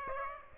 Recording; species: mosquito wingbeat signal from an infrared sensor; Aedes aegypti